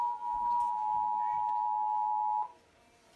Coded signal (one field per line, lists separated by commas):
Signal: Emergency Alert System (SAME) tones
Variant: 853 and 960 Hz attention tone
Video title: BUNCHA TESTS! Connecticut Required Monthly Tests (1/6/18) (EAS 515-525)